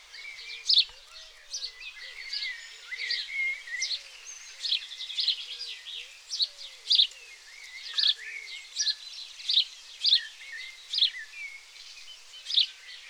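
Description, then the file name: House sparrows chirping in a busy flock, overlapping sharp chirps and twitters, with soft low wavering tones running beneath. "Passer domesticus"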